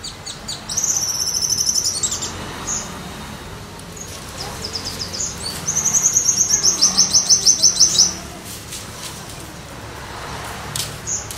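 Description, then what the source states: White-eye song: high thin trills in two bursts, the second a rapid run of bright chips lasting about two seconds, over faint background hiss. Pleci song with canary fill-in (isian kenari), used for tutoring (masteran).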